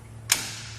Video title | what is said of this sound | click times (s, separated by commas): etrailer - Test Fit: Thule Camber Bike Rack for 4 Bikes on a 2014 Chevrolet Malibu | get that audible click there to know that it's secure and that saves us a ton of space | 0.3 s